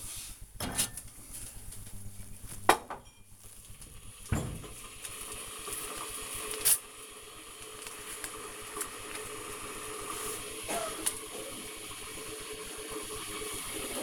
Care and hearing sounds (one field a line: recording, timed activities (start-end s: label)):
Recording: household activities, microphone on the right wrist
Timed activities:
0.00-14.03 s: making tea